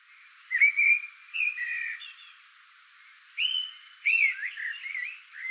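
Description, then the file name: Eurasian blackbird song of two phrases, mellow whistled warbling sliding up and down, the second longer and ending in a tumbling twitter. "Turdus merula"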